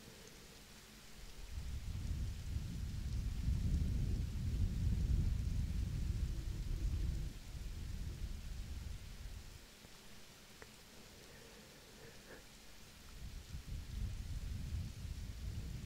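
Soft blowing right against the microphone makes a deep, rumbling rush from about 1.5 to 7 seconds, then eases off. A quieter stretch with a few faint clicks follows before another low gust builds near the end, over a steady soft hiss.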